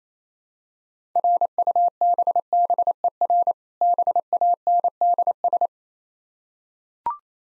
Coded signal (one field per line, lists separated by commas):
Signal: Morse code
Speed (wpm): 29 wpm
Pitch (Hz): 700 Hz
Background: none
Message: RUBBER BANDS